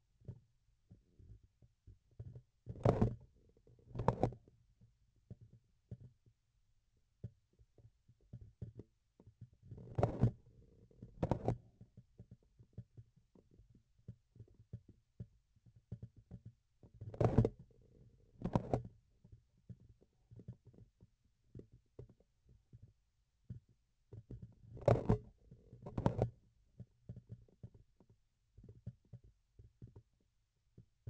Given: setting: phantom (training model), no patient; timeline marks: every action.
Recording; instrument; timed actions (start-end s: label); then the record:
laparoscopic instrument, vibration sensor on the handle end; grasping forceps
2.65-3.28 s: forceps opening
3.84-4.42 s: forceps closing
9.60-10.51 s: forceps opening
11.12-11.93 s: forceps closing
16.97-17.65 s: forceps opening
18.32-18.99 s: forceps closing
24.62-25.32 s: forceps opening
25.78-26.39 s: forceps closing
From the record:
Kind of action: tool actuation without material contact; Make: other than Olympus